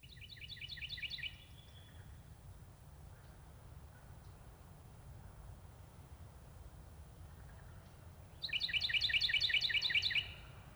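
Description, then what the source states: Carolina Wren song: a rapid run of rolling, repeated whistled phrases, given in two bursts, one at the start and one near the end. Several song examples including the tea kettle song; one of the state's most common birds in open woods and wooded parts of towns and villages.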